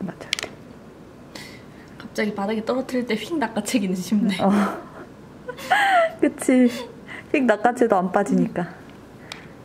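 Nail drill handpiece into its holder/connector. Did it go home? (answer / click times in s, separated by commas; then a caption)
no / none. A nail drill handpiece is handled near its holder or connector while someone talks, with brief soft knocks around 1.4 s, 2.0 s and 9.3 s. The part is not yet pushed home, and nothing has snapped into place by the end of the clip.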